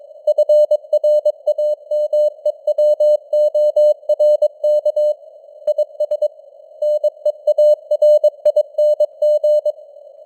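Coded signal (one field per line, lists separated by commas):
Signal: Morse code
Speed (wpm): 22 wpm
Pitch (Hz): 600 Hz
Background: none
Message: FRAMEWORK IS NEARING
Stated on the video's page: Computer-generated news headlines in Morse at 22 wpm with simulated radio noise and fading (QSB).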